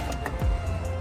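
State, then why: Not seated. Inside a Dodge Journey 3.6, a pulled-out interior trim panel or cover near the rear 12 V socket and small screen connections is being handled to push it back into its interior mounting. A steady low hum and tonal background run throughout, with one brief sharp sound at about 0.3 s. Nothing has seated or clicked yet.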